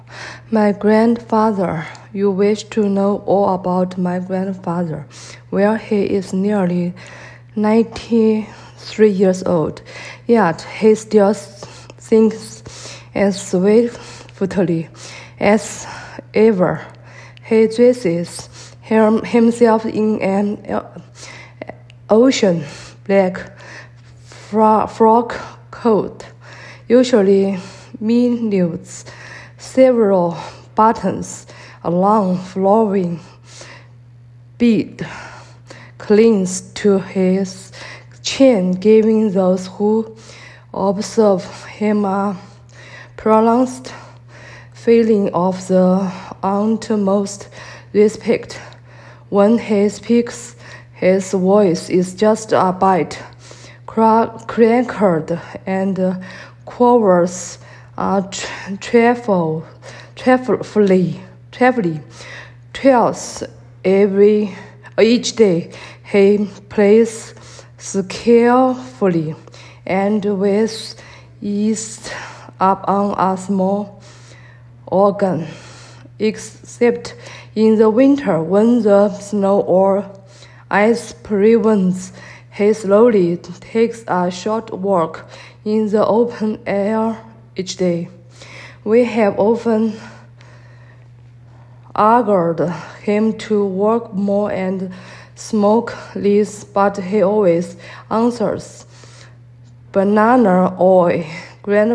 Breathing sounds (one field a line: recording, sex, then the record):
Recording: reading aloud after running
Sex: female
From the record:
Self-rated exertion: moderate exertion (3 of 6)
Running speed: 5 miles an hour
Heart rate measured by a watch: 93 beats a minute at the start, 103 at the end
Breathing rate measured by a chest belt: 25 breaths a minute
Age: 51 years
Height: 160 cm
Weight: 57 kg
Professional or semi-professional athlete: no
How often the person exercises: over 5 times a week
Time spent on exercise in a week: 1 to 2 hours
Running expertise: no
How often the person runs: under once a week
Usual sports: yoga